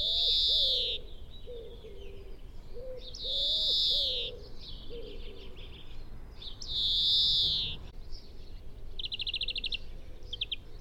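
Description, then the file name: European greenfinch repeating a long, buzzy nasal wheeze about every three and a half seconds, then a quick rattling trill; low soft coos sound early on. "Chloris chloris"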